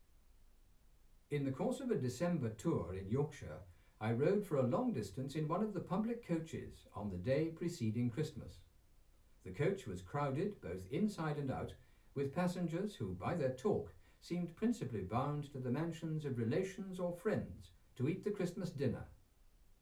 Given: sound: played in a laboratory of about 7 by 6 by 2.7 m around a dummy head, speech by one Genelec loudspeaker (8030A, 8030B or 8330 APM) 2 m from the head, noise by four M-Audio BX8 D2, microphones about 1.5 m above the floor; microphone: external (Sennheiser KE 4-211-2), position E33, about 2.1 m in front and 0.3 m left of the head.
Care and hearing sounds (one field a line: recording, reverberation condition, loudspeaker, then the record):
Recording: male speech in English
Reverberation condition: low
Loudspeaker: 150 degrees to the right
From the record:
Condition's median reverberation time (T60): about 310 ms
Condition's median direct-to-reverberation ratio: about 3.5 dB